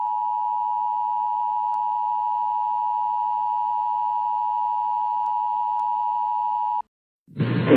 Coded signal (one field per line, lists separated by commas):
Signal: Emergency Alert System (SAME) tones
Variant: 853 and 960 Hz attention tone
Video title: again Eas Alarm please stop it help me